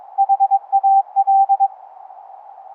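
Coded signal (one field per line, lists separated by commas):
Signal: Morse code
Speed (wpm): 22 wpm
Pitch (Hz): 790 Hz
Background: none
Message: HAL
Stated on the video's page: Live demo of 11 Hz ELF through-the-earth cave radio CW, straight key and keyer, upconverted to audible pitch, sound card SDR, ferrite rod antennas.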